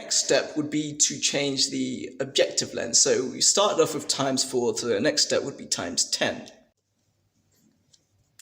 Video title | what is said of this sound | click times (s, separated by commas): How to use a Microscope | clicks into place like that so I just need to refocus it like | 8.4 s